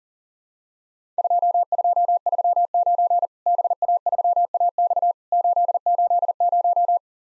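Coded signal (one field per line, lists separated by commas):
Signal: Morse code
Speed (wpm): 40 wpm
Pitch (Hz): 700 Hz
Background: none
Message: 2239 BA3AX 880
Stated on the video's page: Morse drill of Worked All Europe DX Contest QTC exchanges at 40 wpm, each sent in Morse, spoken, then sent again.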